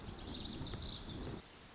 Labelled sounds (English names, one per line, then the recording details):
Lazuli Bunting
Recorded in Sonoma County, California